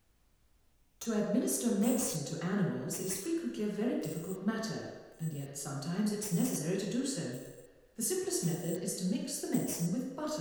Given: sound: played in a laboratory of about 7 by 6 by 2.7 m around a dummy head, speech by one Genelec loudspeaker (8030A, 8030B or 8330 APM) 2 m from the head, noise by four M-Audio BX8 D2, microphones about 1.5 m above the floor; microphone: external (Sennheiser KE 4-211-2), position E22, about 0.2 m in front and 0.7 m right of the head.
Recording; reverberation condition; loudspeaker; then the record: female speech in English; high; 30 degrees to the right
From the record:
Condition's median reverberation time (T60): about 1300 ms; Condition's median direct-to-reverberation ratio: about -4.0 dB